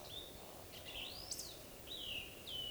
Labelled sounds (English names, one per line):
Eurasian Woodcock whistle